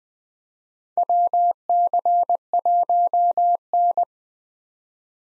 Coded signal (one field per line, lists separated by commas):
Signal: Morse code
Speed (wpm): 21 wpm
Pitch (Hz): 700 Hz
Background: none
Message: WC1N